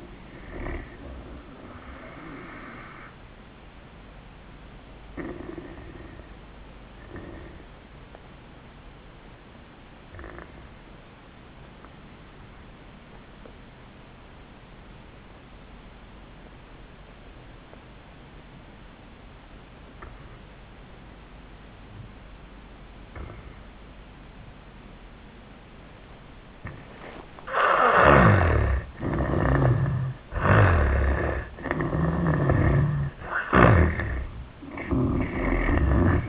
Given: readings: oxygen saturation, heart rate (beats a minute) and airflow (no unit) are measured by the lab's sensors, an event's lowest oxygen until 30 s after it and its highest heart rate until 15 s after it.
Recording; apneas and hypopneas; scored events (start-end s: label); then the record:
breathing in sleep by a voice recorder at the bedside; 1
3.00-27.80 s: obstructive apnea (N1, oxygen 97% highest, then 80% lowest, heart rate 97 at the start, 97 highest)
From the record:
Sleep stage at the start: N1 (lightest sleep); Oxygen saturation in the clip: 78 to 97%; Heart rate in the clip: 69 to 97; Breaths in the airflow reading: 3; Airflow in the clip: -17.6 to 13.5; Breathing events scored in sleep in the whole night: 400 in 8.7 hours asleep